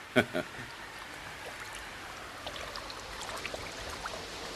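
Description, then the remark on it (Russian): A steady, hissing wash of sea surf runs throughout at low volume, with a brief voice-like burst at the very start and faint splashy flickers later on. “Под нами шумит море, капитаны.”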